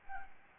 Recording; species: mosquito wingbeat signal from an infrared sensor; Aedes albopictus